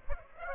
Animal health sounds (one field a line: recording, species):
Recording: mosquito wingbeat signal from an infrared sensor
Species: Aedes aegypti